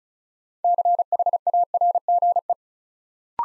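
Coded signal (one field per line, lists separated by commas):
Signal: Morse code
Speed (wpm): 36 wpm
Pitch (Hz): 700 Hz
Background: none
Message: CHARGE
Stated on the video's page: Morse practice for Instant Character Recognition: six-letter words built up three letters at a time, sent at 35 wpm.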